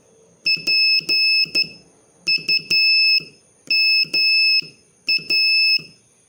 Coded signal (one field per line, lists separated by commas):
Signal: Morse code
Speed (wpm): 12 wpm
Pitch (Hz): 2600 Hz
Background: none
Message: PUMA